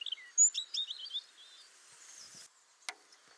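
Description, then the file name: European robin song phrase of quick, high, tumbling notes and short trills in the first second, fading into soft twitters and a sharp click. "Erithacus rubecula"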